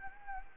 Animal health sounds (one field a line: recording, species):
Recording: mosquito wingbeat signal from an infrared sensor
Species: Anopheles gambiae